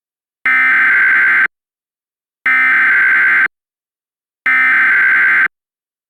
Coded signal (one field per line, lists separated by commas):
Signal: Emergency Alert System (SAME) tones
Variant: header bursts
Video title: EAS Reenactment Mock: 2020 Chicago Tornado Warning [v2] - 06/09/2020